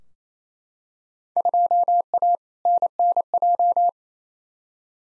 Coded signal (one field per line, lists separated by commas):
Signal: Morse code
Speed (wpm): 27 wpm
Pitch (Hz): 700 Hz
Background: none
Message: 2A NNJ